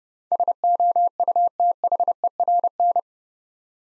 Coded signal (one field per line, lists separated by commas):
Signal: Morse code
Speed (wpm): 30 wpm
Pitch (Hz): 700 Hz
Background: none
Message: SOUTHERN